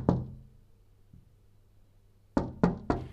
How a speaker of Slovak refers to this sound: Len malú chvíľku po jeleňovom odchode sa ozvalo tiché zaklopanie na dvere chalúbky a ešte milšie hlásky, ako včera prosili.